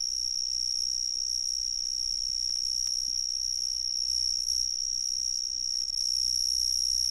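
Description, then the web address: Cicada song as a constant piercing high buzz without pauses, over a quiet low hum. "The Ridges Sanctuary. cicadas"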